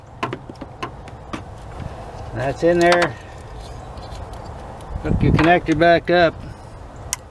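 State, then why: Seated. On a 1996 Chevy Tahoe engine, the electrical connector is plugged back onto the new EGR valve, replaced over a P4106 EGR error code. Someone talks while small handling ticks sound, then a single sharp click at 7.1 s shows the connector seating.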